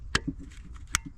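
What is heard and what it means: After some wiggling, the second fuel line quick connector is pushed home onto the diesel fuel filter of a Land Rover Freelander 2 / Range Rover Evoque. Two sharp clicks ring out at about 0.2 s and 1.0 s, with faint small knocks in between. The connector seats.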